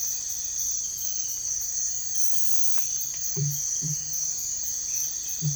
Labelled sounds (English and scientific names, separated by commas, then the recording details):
none
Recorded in dense forest near Puerto Asís, Putumayo, Colombia, on 21 December 2024 at 05:00
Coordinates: 0.484, -76.317
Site G026